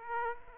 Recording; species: mosquito wingbeat signal from an infrared sensor; Aedes aegypti